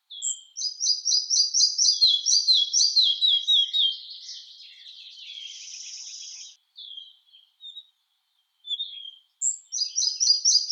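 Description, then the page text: Red-breasted flycatcher song: a quick series of high, clear repeated notes descending in steps, followed by softer buzzy trills, then the pattern starting again. "Ficedula parva - Мухоловка малая"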